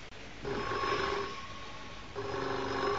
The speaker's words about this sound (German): Herrschaftszeiten, das blöde Telefon soll klingen. Ich geh gar nicht hin.